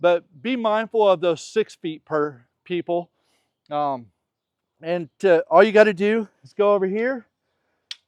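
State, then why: Seated. A man talks for most of the clip while the inner leg of a pop-up canopy is raised. At 7.9 s a short, sharp click sounds as the spring pin of the telescoping leg snaps into the next height hole, locking the leg one click higher.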